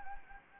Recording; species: mosquito wingbeat signal from an infrared sensor; Anopheles gambiae